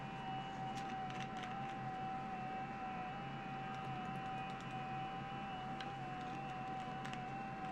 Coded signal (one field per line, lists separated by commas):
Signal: FT8